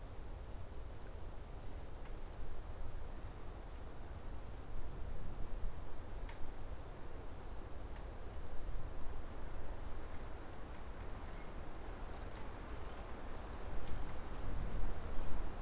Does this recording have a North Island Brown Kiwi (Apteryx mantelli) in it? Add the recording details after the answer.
no. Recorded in New Zealand on 14 October 2015. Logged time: 20:29. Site BN6